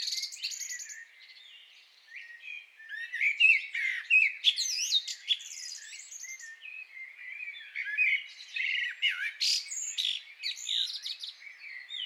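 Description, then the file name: Common blackbird singing in a dense run of high chirps, squeaks and twittering flourishes, nearly continuous with brief louder peaks. "Turdus merula"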